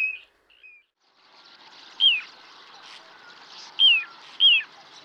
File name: Petit gravelot